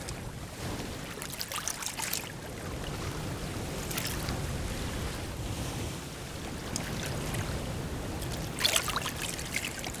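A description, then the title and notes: Quiet shore ambience with a steady low rumble of water and soft wash across the whole stretch. Brief brighter splashes or hisses rise now and then, near 1, 2, 4 and most clearly near 9 seconds, while a motor-like drone sits underneath. QUIET SHORE • Relaxing Coastal Background Ambience. MyNoise Irish Coast.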